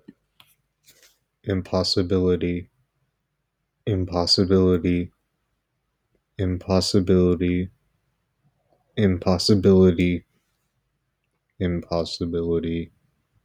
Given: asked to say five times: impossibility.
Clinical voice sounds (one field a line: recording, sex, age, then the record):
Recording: repeated word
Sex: male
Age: 20 to 29 years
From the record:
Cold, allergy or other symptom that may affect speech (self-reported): no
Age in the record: 25 years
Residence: Texas, United States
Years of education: 19